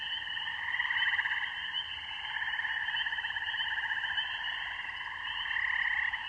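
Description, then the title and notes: Spring peepers calling in a steady, thick chorus of shrill peeps and trills that swells and fades slightly throughout. Mating song of spring peepers with other frogs in a rural beaver pond in the evening; recorded on an iPhone with Voice Record Pro. "This is the mating song of spring peepers and other frogs (the double-bass GUNG of a bullfrog can be heard near the end) in a rural beaver pond. Recorded by Maria Margaronis. Music for Sleep"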